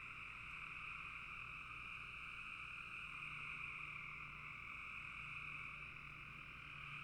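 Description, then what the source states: Frog chorus forming an unbroken, even hum of many overlapping trills, holding steady pitch and loudness for the whole stretch. Frogs in a bog.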